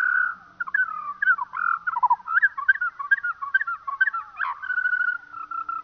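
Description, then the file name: Eurasian skylark song, slowed: a held whistled note at the start, then a busy jumble of short warbled and trilled phrases. Played slowed down. "skylark slowed down"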